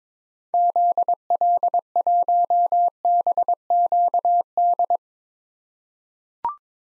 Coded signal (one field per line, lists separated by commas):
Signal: Morse code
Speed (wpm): 22 wpm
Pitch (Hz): 700 Hz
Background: none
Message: ZL1BQD